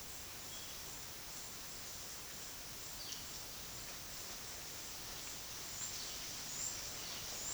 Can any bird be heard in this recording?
no